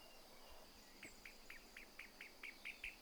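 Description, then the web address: Pale-legged hornero song: a rapid series of short sharp notes that starts softly and grows louder, with a steady faint high hiss in the background. "Pale legged hornero. صدای-پرنده-هورنرو-پاروشن"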